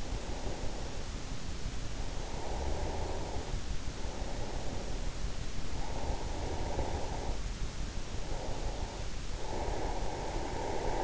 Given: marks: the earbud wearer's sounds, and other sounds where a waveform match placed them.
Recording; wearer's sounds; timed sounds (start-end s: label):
sounds in sleep by an in-ear microphone; breath
0.00-3.15 s: breath
4.02-7.57 s: breath
8.23-11.04 s: breath